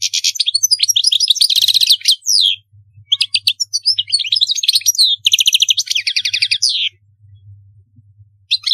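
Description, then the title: European goldfinch song, long rapid strings of liquid twitters and buzzy trilled notes broken by short pauses, with a low hum in the quieter gap. "Chant Chardonneret"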